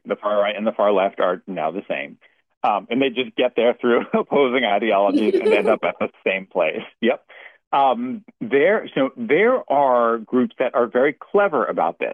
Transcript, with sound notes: The far right and the far left are now the same. Um, and they just get there through (laughs) opposing ideologies-
(laughs)
... and end up at the same place. Yep. Um, there, so there are groups that are very clever about this.